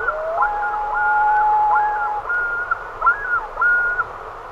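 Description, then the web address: Common loon wailing with long sustained whistled notes, overlapped by a series of higher undulating notes. "great northern loon"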